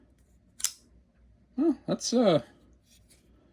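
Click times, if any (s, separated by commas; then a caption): 0.6 s. A Guidesman-brand simple folding pocket knife with a belt clip has its slightly assisted-opening blade swung open, and the blade lock in the handle snaps into place with one sharp click at 0.6 s. Someone then talks briefly. The blade locks open.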